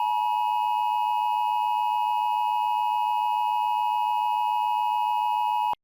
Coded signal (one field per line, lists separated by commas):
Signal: Emergency Alert System (SAME) tones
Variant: 853 and 960 Hz attention tone